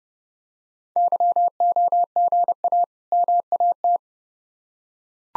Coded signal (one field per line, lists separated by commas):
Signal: Morse code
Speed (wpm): 30 wpm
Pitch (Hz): 700 Hz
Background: none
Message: YOGA MAT